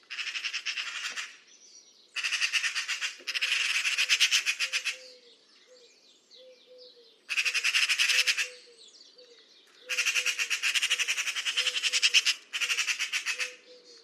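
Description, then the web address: Bird calls in six coarse, buzzy rattling bursts, some run together, with a string of soft low repeated notes between them. "Deverinetal 2025 File origin Bird Only"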